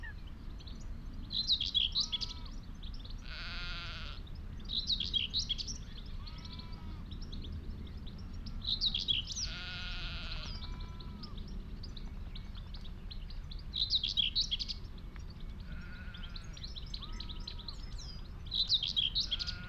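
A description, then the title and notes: Sound scene on Higham Marshes in Kent: bursts of bright bird song return every few seconds over a steady low rumble of wind. Sheep bleat twice, around four and ten seconds, and short whistled calls sound between the songs. Out in the wide open on Higham Marshes in Kent on a warm May afternoon. The sound scene of the Higham Marshes nature reserve from a little hawthorn tree in full scented blossom.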